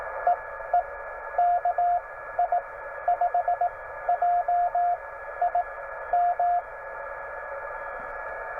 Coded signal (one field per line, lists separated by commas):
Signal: Morse code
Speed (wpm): 17 wpm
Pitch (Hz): 700 Hz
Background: radio noise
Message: E E KI5JIM